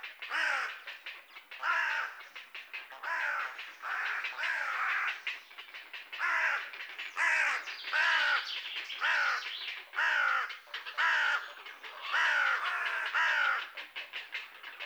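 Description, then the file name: Carrion Crow calls in a long, rapid string of short harsh caws, roughly one per second, rasping and hoarse throughout. "Corvus corone"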